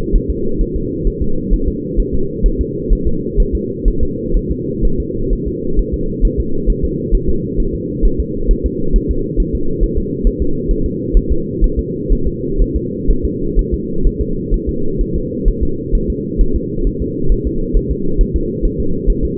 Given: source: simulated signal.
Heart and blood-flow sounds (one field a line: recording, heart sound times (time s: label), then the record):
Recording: fetal heart sounds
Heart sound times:
0.16 s: S1
0.30 s: S2
0.61 s: S1
0.76 s: S2
1.07 s: S1
1.22 s: S2
1.53 s: S1
1.68 s: S2
2.00 s: S1
2.14 s: S2
2.46 s: S1
2.61 s: S2
2.92 s: S1
3.07 s: S2
3.40 s: S1
3.55 s: S2
3.88 s: S1
4.03 s: S2
4.36 s: S1
4.51 s: S2
4.85 s: S1
5.00 s: S2
5.33 s: S1
5.48 s: S2
5.79 s: S1
5.94 s: S2
6.25 s: S1
6.40 s: S2
6.70 s: S1
6.84 s: S2
7.15 s: S1
7.29 s: S2
7.60 s: S1
7.75 s: S2
8.05 s: S1
8.20 s: S2
8.51 s: S1
8.66 s: S2
8.96 s: S1
9.11 s: S2
9.40 s: S1
9.55 s: S2
9.83 s: S1
9.98 s: S2
10.27 s: S1
10.42 s: S2
10.71 s: S1
10.86 s: S2
11.17 s: S1
11.32 s: S2
11.64 s: S1
11.79 s: S2
12.12 s: S1
12.27 s: S2
12.61 s: S1
12.76 s: S2
13.10 s: S1
13.25 s: S2
13.59 s: S1
13.74 s: S2
14.06 s: S1
14.21 s: S2
14.54 s: S1
14.69 s: S2
15.01 s: S1
15.16 s: S2
15.48 s: S1
15.63 s: S2
15.95 s: S1
16.10 s: S2
16.41 s: S1
16.56 s: S2
16.87 s: S1
17.02 s: S2
17.32 s: S1
17.47 s: S2
17.76 s: S1
17.91 s: S2
18.21 s: S1
18.36 s: S2
18.65 s: S1
18.80 s: S2
19.10 s: S1
19.25 s: S2
From the record:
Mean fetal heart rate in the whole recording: 130 bpm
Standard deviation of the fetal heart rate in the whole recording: 4 bpm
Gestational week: 38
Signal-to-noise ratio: -8.1 dB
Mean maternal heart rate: 72 bpm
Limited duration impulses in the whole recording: present